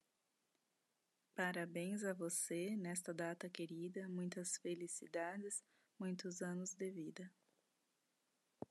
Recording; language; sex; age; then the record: short text; Brazilian Portuguese; female; 30 to 39 years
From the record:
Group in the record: control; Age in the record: 35 years